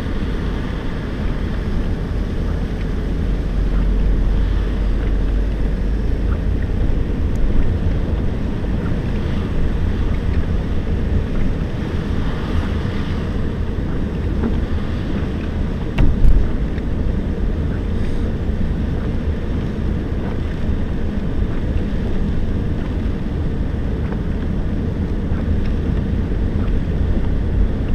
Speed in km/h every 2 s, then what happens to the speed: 31, 29, 31, 34, 36, 37, 38, 38, 38, 38, 38, 37, 36, 35.
0-28 steady at about 36.